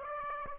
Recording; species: mosquito wingbeat signal from an infrared sensor; Aedes aegypti